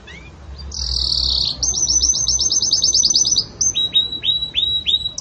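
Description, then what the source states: Belgian canary singing a high buzzy phrase, then a fast even rattle of notes, then a series of separate down-curving whistled notes. Belgian canary; pure "campainha" song with pauses, for training.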